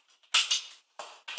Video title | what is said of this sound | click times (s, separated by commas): Nerf Maverick Mods (request) | and it locks into place in all the excitement my barrel just | 0.4 s